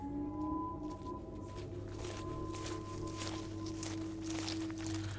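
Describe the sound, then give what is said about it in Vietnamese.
Heavy footsteps of two tigers crunch and rustle through dry leaves and grass in a slow, uneven series of steps, layered over a low, steady droning hum with no voices. “Tiếng bước chân của nó dẫm lên lá cây cứ thình thịch.”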